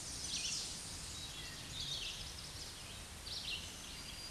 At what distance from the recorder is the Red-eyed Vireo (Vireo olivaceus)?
about 30 m